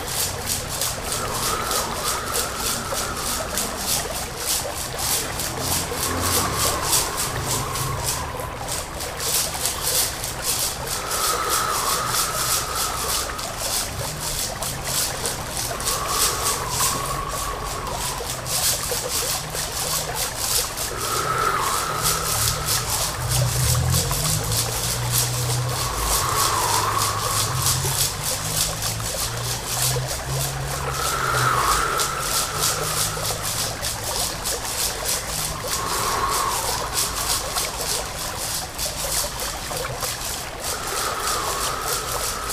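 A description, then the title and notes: A dense, steady shaker rattle runs throughout, with a watery trickle underneath. Short sustained tones, like a voice or bowed strings, rise about every five seconds, and a low murmur shifts quietly in the bass. The overall level stays even. Strings - Voice - Shaker - Water.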